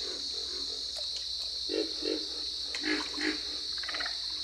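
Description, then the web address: Pig frog giving short, low pig-like grunts, the loudest in two pairs, over a steady high-pitched insect or frog chorus in the background. "Solitudes Frog Song. Pig Frog"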